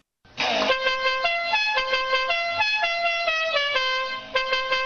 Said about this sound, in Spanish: Hostia, los taxistas estos que tocando la bocina.